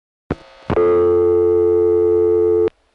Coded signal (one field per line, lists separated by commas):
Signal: telephone call progress tone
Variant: North America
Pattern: dial tone